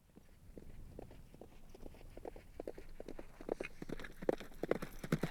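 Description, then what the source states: Horse hoofbeats in a quick irregular rhythm, soft at the start and growing louder toward the end, with low rumbling underneath. Cantering by on dirt.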